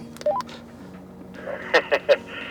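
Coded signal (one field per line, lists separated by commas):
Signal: roger beep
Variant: Motorola PMR446 walkie-talkie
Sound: quick rising three-note chirp, low hum, then three short voice-like bursts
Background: low electrical hum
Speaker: So audio sound okay, apart from the Roger beep, which is apparently annoying.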